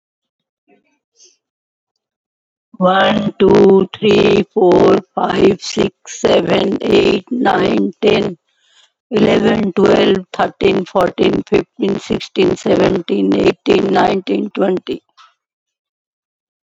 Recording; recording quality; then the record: counting at a normal pace; excellent, no background noise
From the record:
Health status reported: COVID-19 positive, mild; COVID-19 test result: positive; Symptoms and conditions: cough, breathing difficulty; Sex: female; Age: 60 years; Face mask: not worn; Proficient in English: yes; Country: India